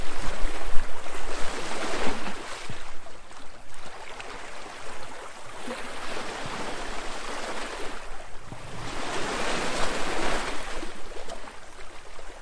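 Ocean waves wash in continuously with a hissing surge, swelling strongest near the start and again around ten seconds, then easing back.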